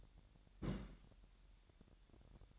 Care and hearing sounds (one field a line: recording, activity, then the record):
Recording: daily activity, microphone in the room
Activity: place on stove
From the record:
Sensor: 3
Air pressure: 1012.0 hPa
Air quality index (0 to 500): 217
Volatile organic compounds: 4 ppm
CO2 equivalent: 1621 ppm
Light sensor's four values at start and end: 92/218/90/80 and 92/218/90/80